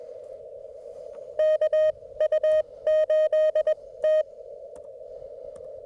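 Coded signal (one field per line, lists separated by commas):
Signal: Morse code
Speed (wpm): 21 wpm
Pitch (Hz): 620 Hz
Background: none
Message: KU8T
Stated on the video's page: CW park activation with Yaesu FT-891 at 25 watts, US Morse paddles, Chameleon 17-ft whip.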